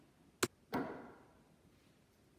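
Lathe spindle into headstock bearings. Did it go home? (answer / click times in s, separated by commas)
yes / 0.4 s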